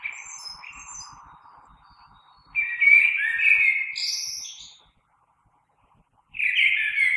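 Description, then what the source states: Common blackbird song: short fluting notes, then a longer rich warble ending in high squeaky twitters, followed by silence and the start of another phrase. Recorded 3 March 2020.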